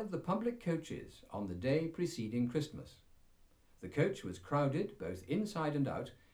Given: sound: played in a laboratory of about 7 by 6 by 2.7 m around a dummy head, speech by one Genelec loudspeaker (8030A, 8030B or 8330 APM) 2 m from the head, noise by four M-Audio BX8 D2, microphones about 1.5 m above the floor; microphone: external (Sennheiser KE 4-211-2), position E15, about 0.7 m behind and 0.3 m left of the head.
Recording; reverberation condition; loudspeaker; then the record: male speech in English; low; 90 degrees to the right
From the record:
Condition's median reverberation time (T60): about 310 ms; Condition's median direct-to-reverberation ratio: about 3.5 dB